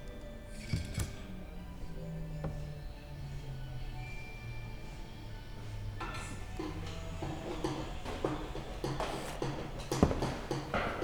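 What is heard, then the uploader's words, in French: Workshop noise with scattered knocks and clatter over a low rumble and a faint hum. The first half holds isolated thumps and a brief high whine near four seconds; after six seconds, tool and metal sounds grow busier, with a sharp bang near ten seconds. Ateliers de construction. Sons d'ateliers (ambiance sonore utilisée sur le spectacle en multipiste).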